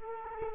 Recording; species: mosquito wingbeat signal from an infrared sensor; Culex quinquefasciatus